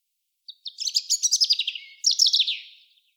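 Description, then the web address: European robin song: a thin high note, then a fast run of buzzy repeated notes, followed by a second tumbling phrase that slides downward, with a quiet background. "SETE Erithacus rubecula"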